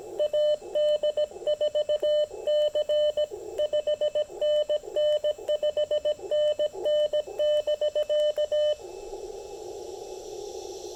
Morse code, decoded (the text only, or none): AD4C 5NN 5NN <BK>